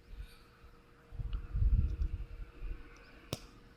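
A LED/sensor flex connector is pressed onto a Samsung Galaxy smartphone board during a screen digitizer replacement. Low rustling and handling noise from the fumbling fills the first seconds, then a sharp click at 3.3 s shows the connector seating in place.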